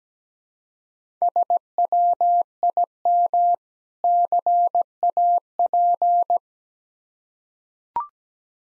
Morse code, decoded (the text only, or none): SWIM CAP